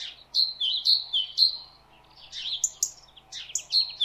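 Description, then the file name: Great tit calls: a run of sharp descending notes near the top of the range, then a busier burst of mixed chirps and twittering notes, faint hum below. "Parus major"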